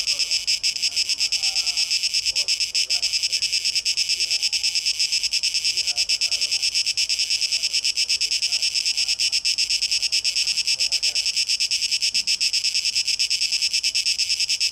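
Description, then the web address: Cicadas droning in a constant high, rapidly throbbing buzz, with faint chirpy twitters below it. Cicadas, 12 August 2023, tape echo mix. "rauschpartikel 2023-08-12 Zikaden"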